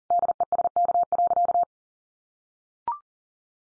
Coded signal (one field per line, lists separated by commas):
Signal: Morse code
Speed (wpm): 40 wpm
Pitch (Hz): 700 Hz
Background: none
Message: DESK.